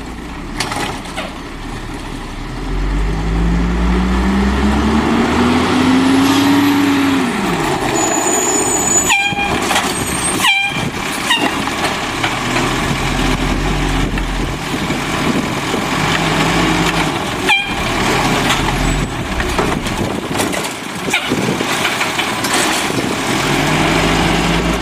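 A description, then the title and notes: A garbage truck runs with a steady, heavy engine rumble throughout. Around five to eight seconds the engine revs up in a rising whine, then drops; sharp clanks and bangs hit near nine, ten and seventeen seconds, with lighter revs returning later. Garbage Trucks.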